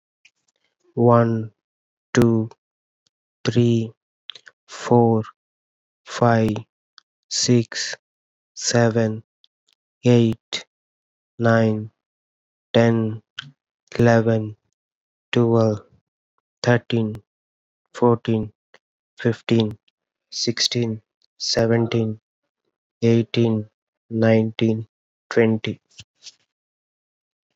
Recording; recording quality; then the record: counting at a normal pace; excellent, no background noise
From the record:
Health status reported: healthy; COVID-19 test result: negative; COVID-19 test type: RT-PCR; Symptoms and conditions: cold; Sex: male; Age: 28 years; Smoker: no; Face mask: not worn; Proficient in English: yes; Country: India